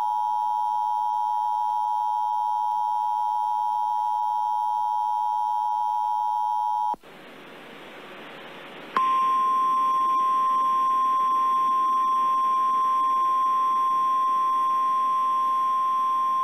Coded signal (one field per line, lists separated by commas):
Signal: Emergency Alert System (SAME) tones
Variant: 853 and 960 Hz attention tone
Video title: EAS Timeline October Upper Midwest Storms NOAA Weather Radio (SVRs and a TOR) +WeatherSTAR4000